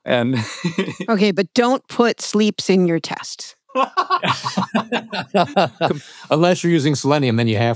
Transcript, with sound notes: Okay, but don't put sleeps in your test.
(laughter) Unless you're using Selenium. Then you have to.